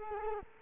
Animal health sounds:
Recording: mosquito wingbeat signal from an infrared sensor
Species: Culex quinquefasciatus

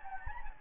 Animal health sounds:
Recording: mosquito wingbeat signal from an infrared sensor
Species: Anopheles gambiae

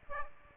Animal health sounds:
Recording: mosquito wingbeat signal from an infrared sensor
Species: Aedes aegypti

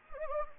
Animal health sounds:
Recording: mosquito wingbeat signal from an infrared sensor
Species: Anopheles gambiae

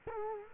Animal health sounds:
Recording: mosquito wingbeat signal from an infrared sensor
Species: Culex quinquefasciatus

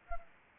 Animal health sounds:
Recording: mosquito wingbeat signal from an infrared sensor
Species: Anopheles arabiensis

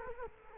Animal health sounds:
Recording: mosquito wingbeat signal from an infrared sensor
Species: Culex quinquefasciatus

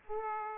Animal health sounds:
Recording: mosquito wingbeat signal from an infrared sensor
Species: Aedes aegypti

